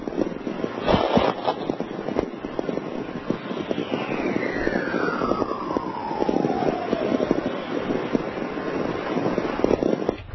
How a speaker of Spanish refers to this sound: Igual que en este caso, que estamos hablando de otra tormenta, esta vez obtenida en Reno, y se puede decir que son coros de una tormenta magnética, porque ni más ni menos así sonaría un viento solar de 44 kilohercios.